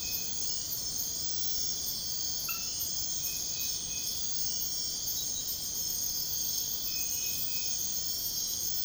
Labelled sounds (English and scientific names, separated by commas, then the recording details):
none
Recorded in pastures near Puerto Asís, Putumayo, Colombia, on 13 March 2025 at 03:30
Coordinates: 0.502, -76.324
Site GP07